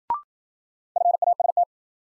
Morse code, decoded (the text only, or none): FAST